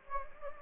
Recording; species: mosquito wingbeat signal from an infrared sensor; Anopheles gambiae